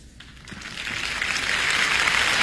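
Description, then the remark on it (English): Audience applause greets an actor's entrance in the third act of a theatre show, swelling steadily from a light patter into a dense, loud wash of clapping hands, building throughout with no voices on top. “Applauding a third act entrance.”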